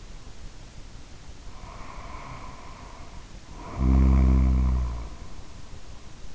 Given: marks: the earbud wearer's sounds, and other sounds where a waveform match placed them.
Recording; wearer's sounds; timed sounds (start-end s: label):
sounds in sleep by an in-ear microphone; snoring breath
1.58-5.36 s: snoring breath